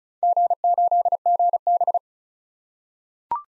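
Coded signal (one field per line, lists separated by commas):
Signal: Morse code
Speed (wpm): 36 wpm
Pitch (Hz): 700 Hz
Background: none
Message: G8GB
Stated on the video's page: Morse practice drill of random four-character letter-number groups at 35 wpm, each sent, spoken, then resent for head-copy.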